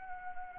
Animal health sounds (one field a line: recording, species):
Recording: mosquito wingbeat signal from an infrared sensor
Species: Anopheles arabiensis